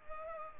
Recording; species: mosquito wingbeat signal from an infrared sensor; Culex pipiens